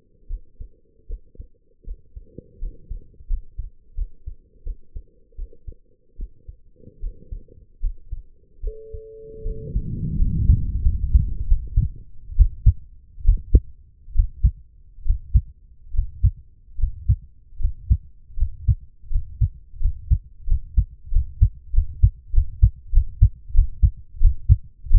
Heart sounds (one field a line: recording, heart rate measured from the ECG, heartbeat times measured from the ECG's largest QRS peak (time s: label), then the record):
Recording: heart sounds by stethoscope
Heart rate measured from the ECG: 80 bpm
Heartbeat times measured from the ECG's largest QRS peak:
0.27 s: heartbeat
1.06 s: heartbeat
1.84 s: heartbeat
2.59 s: heartbeat
3.27 s: heartbeat
3.94 s: heartbeat
4.63 s: heartbeat
5.35 s: heartbeat
6.16 s: heartbeat
7.00 s: heartbeat
7.80 s: heartbeat
8.60 s: heartbeat
9.42 s: heartbeat
10.16 s: heartbeat
10.82 s: heartbeat
11.47 s: heartbeat
12.36 s: heartbeat
13.24 s: heartbeat
14.14 s: heartbeat
15.04 s: heartbeat
15.92 s: heartbeat
16.77 s: heartbeat
17.58 s: heartbeat
18.36 s: heartbeat
19.09 s: heartbeat
19.79 s: heartbeat
20.46 s: heartbeat
21.10 s: heartbeat
21.72 s: heartbeat
22.32 s: heartbeat
22.92 s: heartbeat
23.53 s: heartbeat
24.20 s: heartbeat
24.89 s: heartbeat
From the record:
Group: healthy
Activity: rest 0-7 s, breath hold 7-25 s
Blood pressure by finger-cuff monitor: 103/66 mmHg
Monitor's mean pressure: 77 mmHg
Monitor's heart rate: 75 bpm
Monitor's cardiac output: 5.9 L/min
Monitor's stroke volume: 74 mL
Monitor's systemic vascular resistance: 930 dyn s/cm5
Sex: female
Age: 23 years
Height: 160 cm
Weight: 50.4 kg